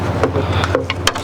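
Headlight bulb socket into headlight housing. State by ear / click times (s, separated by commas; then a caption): not seated / none. On a Chevy Avalanche with replacement Yitamotor headlight lenses, the driver's side headlight bulb socket is pushed into the plastic headlight housing and twisted for a quarter-turn lock. Short plastic knocks and scrapes sound at about 0.2, 0.6, 0.8, 0.9 and 1.1 s over a steady low hum as the socket is worked. It goes in but will not turn, and it is not forced, so nothing has seated or clicked yet.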